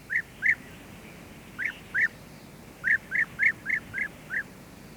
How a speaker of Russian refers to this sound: «Ведь это золотистая щурка!» — узнал певунью Любознайка и почему-то обрадовался.